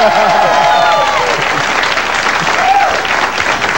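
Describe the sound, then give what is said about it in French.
A studio audience of people from Québec at the TV show Coup de foudre cheers and applauds loudly and continuously, a dense wash of clapping with shouts and whoops rising above it, and a few voices calling out throughout. “Ce soir, on a des gens de Québec et vous avez remarqué, ça crie beaucoup plus fort ici en studio qu'au Colisée, n'est-ce pas?”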